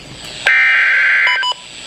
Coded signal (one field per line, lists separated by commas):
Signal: Emergency Alert System (SAME) tones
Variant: header bursts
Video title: Flash Flood Warning with a Thunderstorm (EAS #1,184)